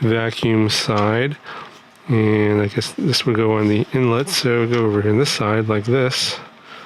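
A vacuum attachment is fitted over the inlet side of a Turbo Jet 2-in-1 air duster and vacuum, to be put in and rotated into place. Someone talks throughout, with only faint handling sounds. Nothing has seated or clicked yet.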